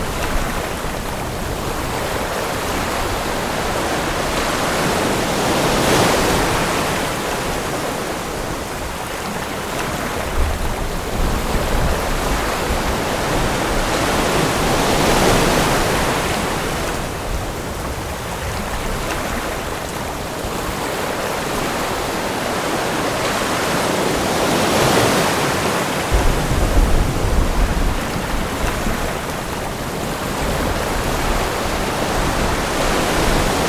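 Ocean waves wash in steady cycles about every ten seconds, each swell rising into a bright hiss, with low rumbling underneath.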